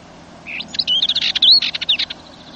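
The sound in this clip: Dartford warbler delivering a rapid, jumbled, scratchy phrase of high chips and short whistled notes, lasting under two seconds.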